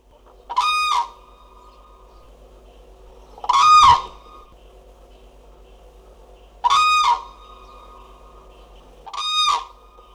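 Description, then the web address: Common crane calls: four loud, trumpeting, bugled notes, each short and rich, spaced about every three seconds over a low steady hum. "kranich grus grus rufe guenter tembrock"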